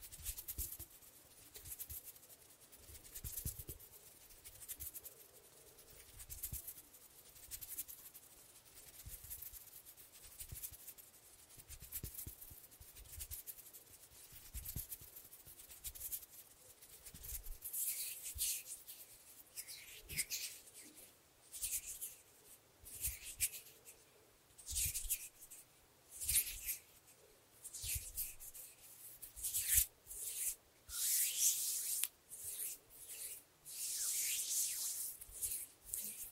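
Hands rubbing and fingers fluttering make a run of dry, brushing strokes that come in quick irregular bursts. Early on the rustle is soft and steady. After about 18 seconds the strokes turn brighter, faster and more choppy, with short gaps between flurries.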